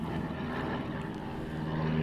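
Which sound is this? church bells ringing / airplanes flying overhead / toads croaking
airplanes flying overhead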